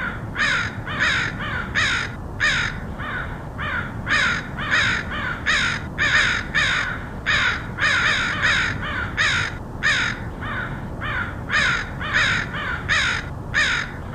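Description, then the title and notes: Many crows cawing continuously, harsh calls from several birds overlapping in a dense, uneven chorus with steady low background noise. Crows recorded in Portland, Oregon, USA, in August 2003. "Crows of Portland. Crows recorded by Dan Bodah in Portland, OR, August 2003"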